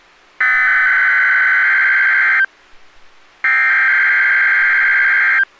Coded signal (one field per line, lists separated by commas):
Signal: Emergency Alert System (SAME) tones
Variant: header bursts